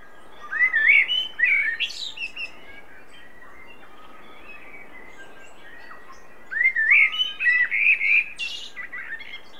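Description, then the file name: Common blackbird song phrases: rich, warbled whistles rising and falling, finished with scratchy high notes. A second phrase follows after a long silent gap. "Turdus merula"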